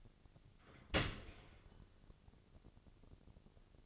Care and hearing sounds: daily activity, microphone in the room; open dishwasher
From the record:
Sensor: 4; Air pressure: 1001.3 hPa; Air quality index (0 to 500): 179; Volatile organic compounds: 2 ppm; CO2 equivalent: 1279 ppm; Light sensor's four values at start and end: 11/26/11/11 and 11/25/10/11

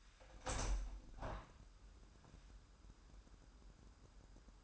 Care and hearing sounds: daily activity, microphone in the room; open window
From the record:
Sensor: 2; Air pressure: 998.5 hPa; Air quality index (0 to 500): 140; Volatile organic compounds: 4 ppm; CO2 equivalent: 1586 ppm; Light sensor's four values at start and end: 7/17/7/8 and 8/18/8/8

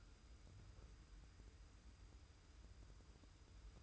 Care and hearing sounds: daily activity, microphone in the room; wipe stove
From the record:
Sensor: 2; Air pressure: 990.3 hPa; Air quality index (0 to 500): 201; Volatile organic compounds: 1000 ppm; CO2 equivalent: 6430 ppm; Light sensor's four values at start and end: 32/76/31/31 and 32/76/31/31

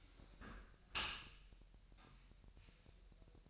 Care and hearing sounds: daily activity, microphone in the room; close dishwasher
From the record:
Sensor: 2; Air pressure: 1000.4 hPa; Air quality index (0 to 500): 245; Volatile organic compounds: 90 ppm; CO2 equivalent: 3682 ppm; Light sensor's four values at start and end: 9/21/8/8 and 9/21/8/8

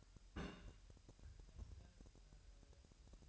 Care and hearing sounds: daily activity, microphone in the room; place on stove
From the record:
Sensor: 2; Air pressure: 1001.8 hPa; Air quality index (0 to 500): 243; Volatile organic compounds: 33 ppm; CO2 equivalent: 3013 ppm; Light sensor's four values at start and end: 5/11/4/4 and 5/11/4/4

